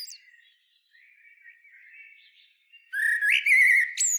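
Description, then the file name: Common blackbird giving one rich, wavering whistled phrase ending in a high thin note, following a stretch of faint soft warbling. "Turdus merula"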